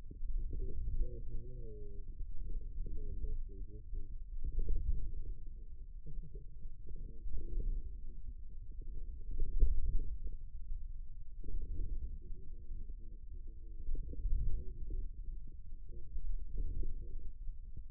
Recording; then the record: forearm muscle sounds (acoustic myography)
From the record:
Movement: inward rotation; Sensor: system 2, bracelet of six BSWA MPA416 microphones around the upper forearm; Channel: 4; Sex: male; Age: 22 years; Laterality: right